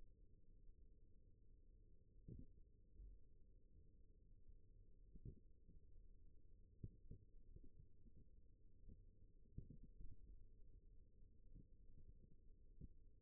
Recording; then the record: forearm muscle sounds (acoustic myography)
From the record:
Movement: rest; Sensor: system 1, eight BSWA MPA416 microphones around the upper forearm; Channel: 7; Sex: female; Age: 21 years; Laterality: right